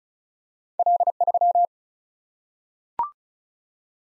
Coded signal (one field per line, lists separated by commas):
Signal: Morse code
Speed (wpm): 36 wpm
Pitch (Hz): 700 Hz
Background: none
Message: L3